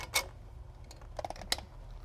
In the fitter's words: Snap it into place, just like that.